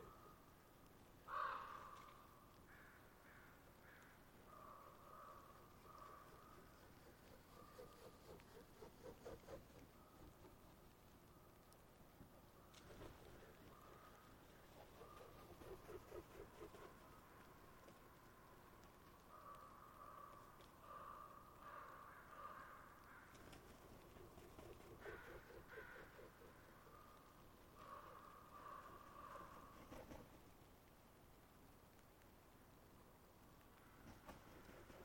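A murder of crows gathers, their caws repeating in loose clusters throughout, with a sharp, louder call near the start. Calls overlap and come in bursts around the middle and later, over a steady low rumble, possibly passing traffic.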